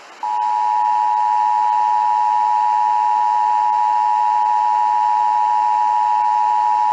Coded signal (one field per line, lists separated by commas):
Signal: Emergency Alert System (SAME) tones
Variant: 853 and 960 Hz attention tone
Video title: EAS Minnesota Amber Alert for Apple Valley, MN Dakota County